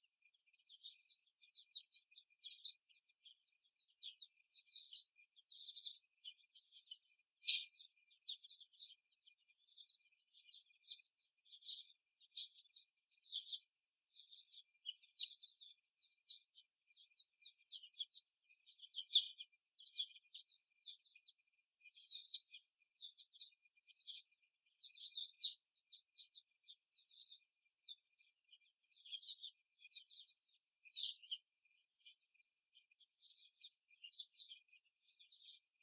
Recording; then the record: young laying hens in a cage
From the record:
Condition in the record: after the stressor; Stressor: simulated dog barking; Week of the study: 1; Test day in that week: 2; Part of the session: 1